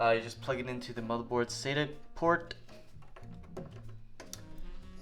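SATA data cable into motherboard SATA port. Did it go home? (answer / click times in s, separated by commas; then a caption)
no / none. A SATA data cable is being handled and brought up to a motherboard SATA port while someone talks over background music. Short, faint knocks and clicks of handling follow. The cable has not seated or clicked into the port yet.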